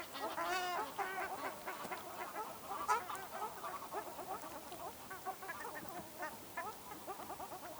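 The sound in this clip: Ruddy shelduck flock calling, a busy stream of nasal honks and chattering notes, one louder harsh burst near the start, continuing steadily throughout.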